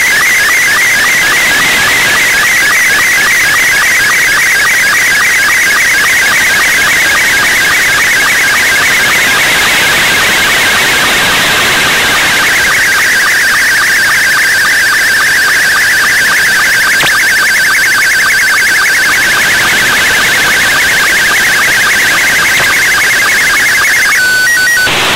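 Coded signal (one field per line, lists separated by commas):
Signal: SSTV (slow-scan television)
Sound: continuous warbling, scratchy tone with rapid regular chirping pulses, steady for the whole clip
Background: radio static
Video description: Here is the latest Radio Northern Ireland SSTV image received with my Icom IC-R9500 on 15770Khz shortwave at approx. 21:25 UTC on July 30 2016.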